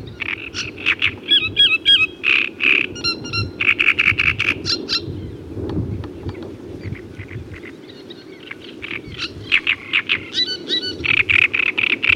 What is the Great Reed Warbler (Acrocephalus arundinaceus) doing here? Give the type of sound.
song